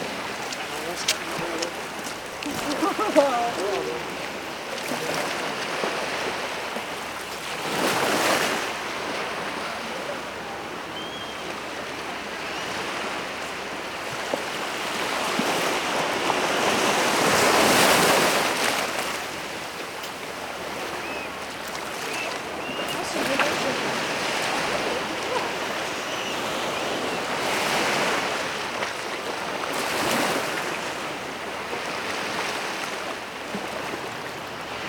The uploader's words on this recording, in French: Plage de Bon-Secours. Saint-MaloGué du Grand-Bé. Vers 17h00 Marée descendanteStéréo.